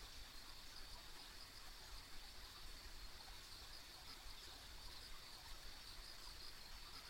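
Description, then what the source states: Insects chirping in repeated pulses within a high continuous band, over a low background rush. Ambient insect sounds recorded along a country road.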